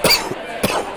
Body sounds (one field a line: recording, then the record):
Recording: coughing mixed with background sound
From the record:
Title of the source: Coughing 79